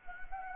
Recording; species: mosquito wingbeat signal from an infrared sensor; Anopheles gambiae